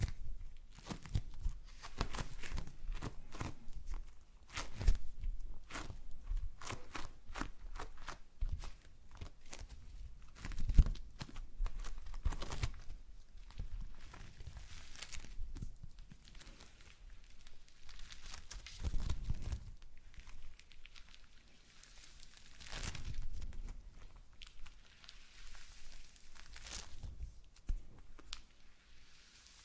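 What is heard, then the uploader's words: Slime being squished and pulled, with wet, crackly pops and squelches arriving in quick irregular bursts. Sharp clicks and crinkles come several times a second, with louder squelches around 5, 11, 19 and 23 seconds and a soft low rumble underneath. ASMR SLIME No Talking Satisfying slime Sounds.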